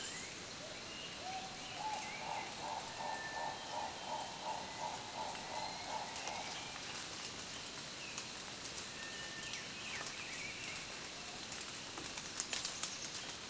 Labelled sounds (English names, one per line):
Black-billed Turaco